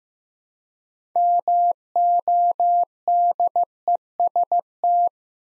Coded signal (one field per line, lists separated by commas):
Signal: Morse code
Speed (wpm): 15 wpm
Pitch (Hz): 700 Hz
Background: none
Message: MODEST